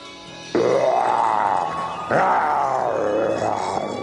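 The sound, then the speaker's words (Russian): Two long, rumbling roars follow one another, loud and sustained with a rising-and-falling pitch, as boys roar imitating tigers and lions. “Иногда мальчики рычали, как тигры и львы.”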